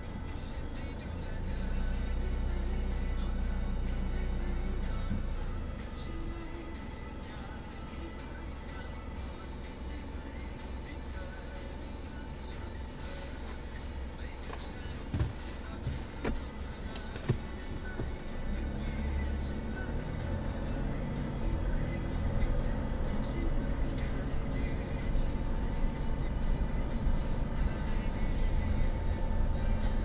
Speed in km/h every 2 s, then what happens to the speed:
0, 0, 0, 0, 0, 0, 0, 0, 0, 9, 14, 17, 19, 20, 20.
0-16 standing. 16-30 pulls away to 20.